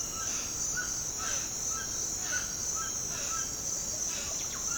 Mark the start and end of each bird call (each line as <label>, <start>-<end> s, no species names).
bird call, 0.00-4.77 s